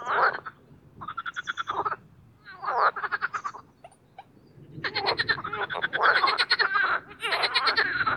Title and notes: Les grenouilles et l’avion. au Parc Chédeville dans l'Oise. Dans un bassin artificiel créé pour proposer une activité nautique, des grenouilles rieuses se donnent rendez-vous au printemps pour un concert amoureux